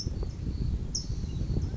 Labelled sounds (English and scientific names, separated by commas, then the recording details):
California Towhee (Melozone crissalis)
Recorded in Sonoma County, California